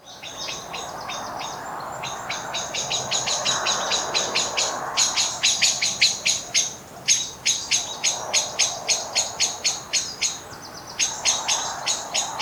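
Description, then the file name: Common blackbird giving insistent, rapid chinking calls in long runs with short breaks. "Turdus merula"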